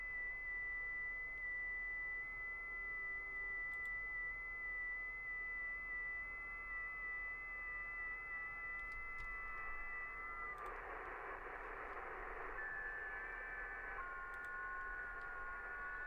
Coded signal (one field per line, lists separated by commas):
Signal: FT8